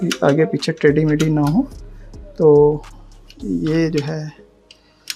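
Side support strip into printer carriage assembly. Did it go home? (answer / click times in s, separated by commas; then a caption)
no / none. A technician fits the side support strip, a plate that keeps the assembly from tilting, onto the carriage assembly of an Epson LX 1310 dot matrix printer while someone talks throughout. Two short sharp ticks are heard near the end, at about 4.7 and 5.1 seconds. The strip has not seated or clicked into place yet.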